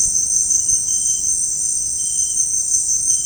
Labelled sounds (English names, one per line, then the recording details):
none
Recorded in dense forest near Puerto Asís, Putumayo, Colombia, on 29 June 2025 at 17:00
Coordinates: 0.481, -76.323
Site G072